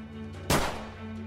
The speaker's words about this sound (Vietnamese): Tiếng súng chật chú vang lên trong ngôi nhà đóng cửa kín mít.